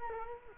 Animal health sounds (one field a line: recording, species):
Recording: mosquito wingbeat signal from an infrared sensor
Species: Culex quinquefasciatus